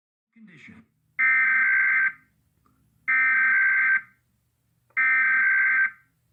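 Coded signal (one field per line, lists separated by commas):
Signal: Emergency Alert System (SAME) tones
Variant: header bursts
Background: speech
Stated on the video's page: Iowa Required Monthly Test originated by an AM station and relayed on all Iowa radio and TV stations.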